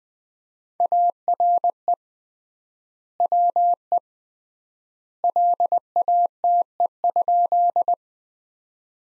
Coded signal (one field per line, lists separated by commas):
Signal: Morse code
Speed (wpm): 19 wpm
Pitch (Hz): 700 Hz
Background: none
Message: ARE WE LATE?